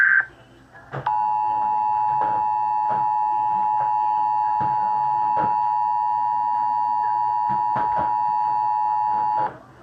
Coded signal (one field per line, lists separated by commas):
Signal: Emergency Alert System (SAME) tones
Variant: 853 and 960 Hz attention tone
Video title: Goldenboy76 EAS VHS Test